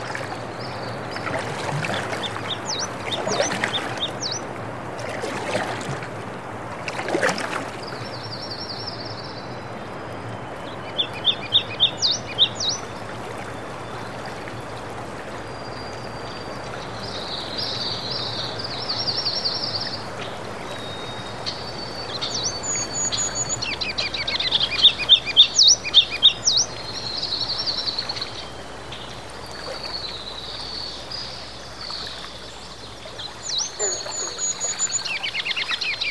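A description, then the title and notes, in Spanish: Field recording at Loon Lake: a steady, even wash of water-like noise with a low, constant hum underneath. Small birds chirp and twitter high above throughout, with brief clusters of sharp tapping or clicking near 11 and 25 seconds. Fonografias_Lago_Loon.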